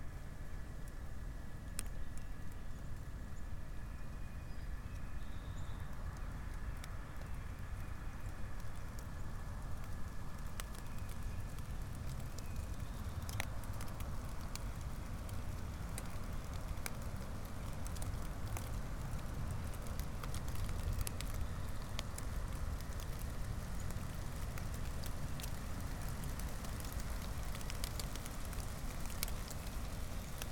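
Steady rain patters through a hardwood forest, sharp drips clicking throughout over a constant low rumble, with a faint thin tone held above.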